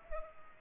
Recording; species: mosquito wingbeat signal from an infrared sensor; Culex pipiens